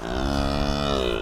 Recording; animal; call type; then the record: contact call of a hoofed animal; cattle; low-frequency (closed-mouth) or high-frequency (open-mouth) call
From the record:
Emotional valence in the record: negative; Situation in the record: full separation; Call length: 1.22 s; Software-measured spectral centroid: 2180 Hz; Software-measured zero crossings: 1810 a second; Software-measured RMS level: -24 dBFS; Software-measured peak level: -11 dBFS